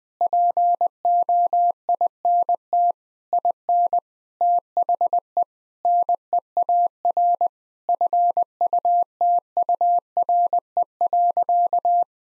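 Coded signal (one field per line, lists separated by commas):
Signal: Morse code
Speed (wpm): 21 wpm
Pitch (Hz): 700 Hz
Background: none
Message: POINT IN THE NEAR FUTURE.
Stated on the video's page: Morse code practice at 20 wpm of sentences built from common seven-word phrases; each sentence is sent, spoken, then sent again.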